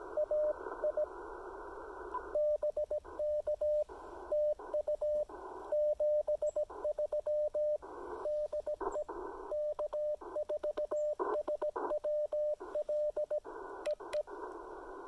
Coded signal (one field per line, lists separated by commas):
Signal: Morse code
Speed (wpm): 18 wpm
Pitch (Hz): 600 Hz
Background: radio noise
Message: AI BK TU 73 DE K4SWL EE